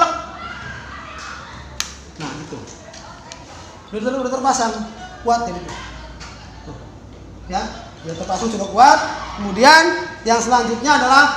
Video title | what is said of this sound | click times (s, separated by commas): Presentasi Perakitan Komputer | pasang dulu dibuka kuncinya kanan-kirinya Pasang dulu kemudian tekan Sampai bunyi klik | 1.8 s, 3.3 s